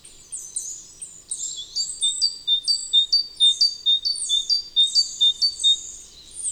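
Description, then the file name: Great tit song: high, ringing two-note phrases repeated steadily throughout. "Parus major"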